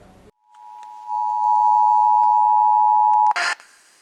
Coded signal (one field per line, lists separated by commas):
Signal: Emergency Alert System (SAME) tones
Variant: 853 and 960 Hz attention tone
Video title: Weekly & Monthly Tests (EAS #3806 - 3843)